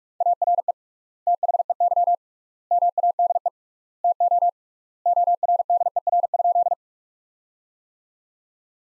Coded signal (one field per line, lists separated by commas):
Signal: Morse code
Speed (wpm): 46 wpm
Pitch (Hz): 700 Hz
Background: none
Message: ARE THEY MADE TO ORDER?